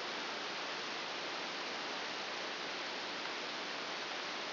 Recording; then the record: brain microelectrode recording played as sound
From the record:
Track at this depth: inside the subthalamic nucleus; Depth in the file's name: 4.601 mm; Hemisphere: right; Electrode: 2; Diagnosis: Parkinson's disease